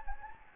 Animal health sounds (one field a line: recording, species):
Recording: mosquito wingbeat signal from an infrared sensor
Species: Anopheles gambiae